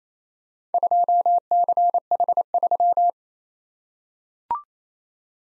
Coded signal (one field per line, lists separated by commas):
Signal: Morse code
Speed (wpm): 29 wpm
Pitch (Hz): 700 Hz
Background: none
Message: 2CH3